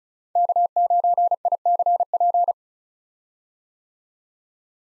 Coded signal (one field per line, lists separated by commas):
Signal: Morse code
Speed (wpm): 34 wpm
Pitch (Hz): 700 Hz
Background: none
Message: K9ICP